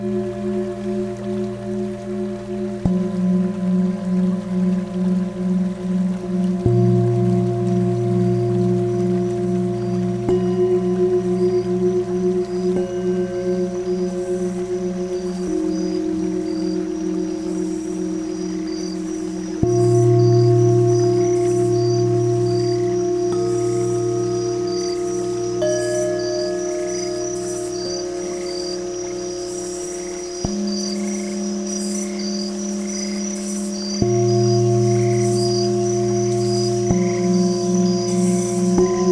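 A singing bowl tuned near 234 hertz rings steadily, struck again every few seconds so new tones bloom over the lingering hum with a slow, wavering beat. Faint high chirping, like insects or frogs, pulses softly throughout in the background.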